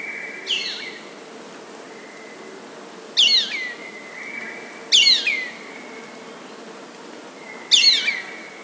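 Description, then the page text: Black baza calls: four shrill, downslurred whistled notes, each trailing into a steady thin tone, spaced irregularly a few seconds apart over a constant high insect-like hiss. "Черная база - Black Baza (Aviceda leuphotes)"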